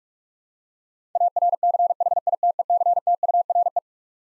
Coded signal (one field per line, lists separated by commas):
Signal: Morse code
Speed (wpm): 45 wpm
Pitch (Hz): 700 Hz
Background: none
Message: ARCHITECTURE